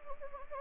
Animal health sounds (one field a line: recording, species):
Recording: mosquito wingbeat signal from an infrared sensor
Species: Anopheles gambiae